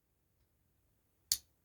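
A screwdriver tip pushed into a small hole in the plastic battery compartment of an Arka handheld digital refractometer for marine aquariums is used as a lever to pry the cover. After near silence, a single sharp click sounds at 1.3 s as the cover unlatches and comes open.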